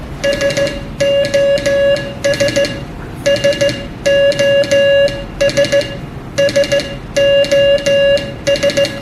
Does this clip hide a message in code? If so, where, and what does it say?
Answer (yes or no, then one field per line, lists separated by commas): yes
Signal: Morse code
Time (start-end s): 0.2-8.9 s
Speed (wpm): 15 wpm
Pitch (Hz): 560 Hz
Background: music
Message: SOS SOS SOS